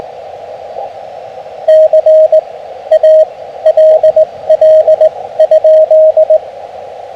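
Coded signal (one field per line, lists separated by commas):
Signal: Morse code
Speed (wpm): 18 wpm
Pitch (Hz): 630 Hz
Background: radio noise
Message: CALL?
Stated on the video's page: CW Parks on the Air activation using an FT-817.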